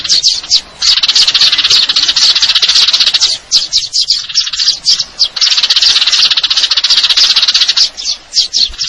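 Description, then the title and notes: Eurasian tree sparrow pouring out rapid, high chirps in long trilled bursts, several seconds each, separated by brief gaps. Fighting call with long trills, clear sound; training recording for contest birds. "GEREJA TARUNG NEMBAK PANJANG SUARA JERNIH MASTERAN. Burung Gereja"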